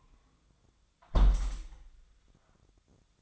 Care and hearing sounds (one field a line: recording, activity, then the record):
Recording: daily activity, microphone in the room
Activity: close window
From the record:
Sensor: 3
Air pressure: 1004.6 hPa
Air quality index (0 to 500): 102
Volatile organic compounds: 4 ppm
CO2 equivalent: 1598 ppm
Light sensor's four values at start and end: 7/16/6/6 and 7/16/6/6